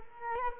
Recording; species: mosquito wingbeat signal from an infrared sensor; Culex quinquefasciatus